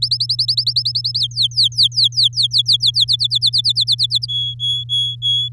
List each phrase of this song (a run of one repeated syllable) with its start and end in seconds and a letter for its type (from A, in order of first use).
0.02-1.19 A, 1.20-3.05 B, 3.08-4.26 C, 4.28-5.49 D